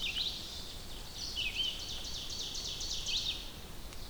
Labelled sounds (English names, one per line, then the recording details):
Red-eyed Vireo song
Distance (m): 40 m
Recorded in boreal forest in Alberta, Canada, on 2 June 2016 at 08:33
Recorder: SongMeter 3, array SBT-3-7
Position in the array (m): 306 m, 30 m